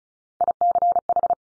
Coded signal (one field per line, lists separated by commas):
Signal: Morse code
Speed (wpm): 36 wpm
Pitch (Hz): 700 Hz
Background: none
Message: ICH